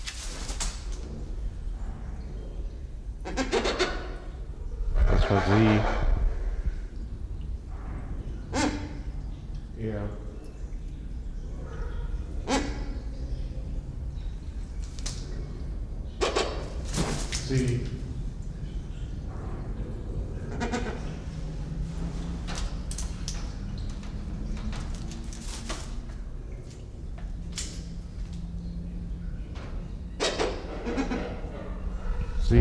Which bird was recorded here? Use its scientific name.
Bycanistes brevis